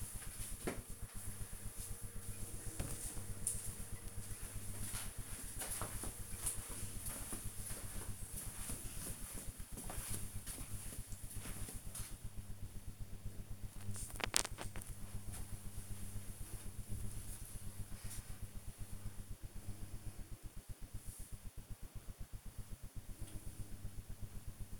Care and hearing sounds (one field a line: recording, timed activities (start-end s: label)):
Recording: household activities, microphone on the right wrist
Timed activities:
none